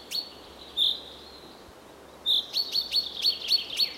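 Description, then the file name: Common chaffinch giving a few sharp, ringing call notes, then a quick series of them. "Fringilla coelebs"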